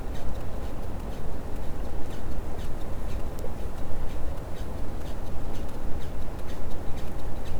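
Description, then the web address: Sperm whale clicks: faint, brief ticks at uneven intervals, heard against heavy background noise throughout. Labelled as a positive sperm whale detection. "Physeter Macrocephalus clean cachalot positif"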